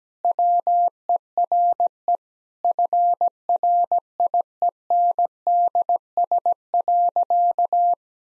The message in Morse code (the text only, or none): WERE FRIENDS.